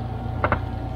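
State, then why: Seated. An electrical wiring connector, still carrying some dielectric, is pushed back onto an engine component during wiring reassembly on an Evo injector and wastegate install. Two short, sharp clicks at 0.4 s and 0.5 s stand out over a steady low hum. The connector, a bit uncooperative going on, is seated.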